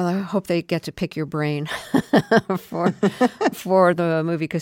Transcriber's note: laughter